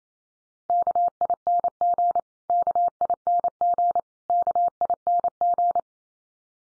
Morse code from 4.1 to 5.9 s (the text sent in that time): KING